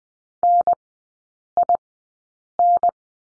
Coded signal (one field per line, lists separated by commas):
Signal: Morse code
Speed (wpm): 20 wpm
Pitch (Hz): 700 Hz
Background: none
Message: NIN